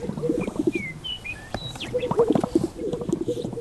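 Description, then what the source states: Greater Sage-Grouse display: soft repeated popping and bubbling pulses in low bursts, pausing midway, with faint thin whistled notes above. Lek display in springtime near a spring in desert sagebrush near Burns, Oregon; fluttering and popping sounds.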